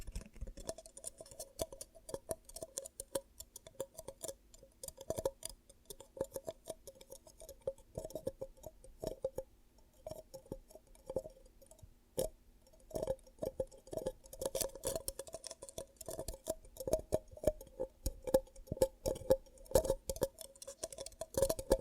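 Ear cupping triggers: rapid, irregular tapping and clicking sounds, dense and crisp, with a steady low-middle tone beneath them. The clicks come in fast bursts, thinning out briefly around ten to twelve seconds, then growing denser and louder toward the end.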